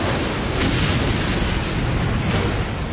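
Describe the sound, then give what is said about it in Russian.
A massive explosion of sand dunes drilled from below over 6 square kilometres near Rügenwalde on the coast, throwing up smoke, sand and stones: its rumbling roar rolls on steadily for the full length, loud and dense with deep, thundering low end and no distinct pauses or voices. “С грозным гулом вздыбилась земля, словно ломающаяся льдина.”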